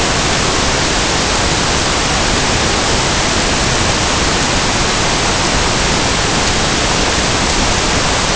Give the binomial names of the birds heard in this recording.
none